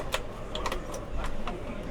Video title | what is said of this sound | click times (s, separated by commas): The BEST Small Caravans - Motorhome and Caravan Show 2025 | and then just clips back in place. | 0.1 s